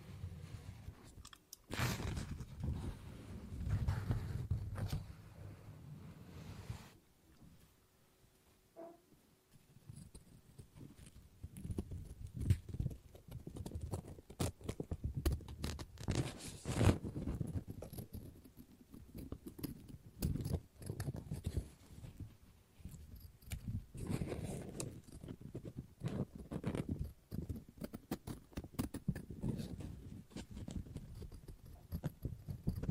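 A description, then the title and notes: Scissors snip and cut through paper in dense, irregular bursts of crisp clicks and rustles. Cutting runs steadily for the first seven seconds, pauses near-silent around eight to nine seconds, then resumes in busy stretches, with louder thick crunching passages near seventeen and twenty-five seconds. ASMR Scissors No Talking Snips and Cutting Paper.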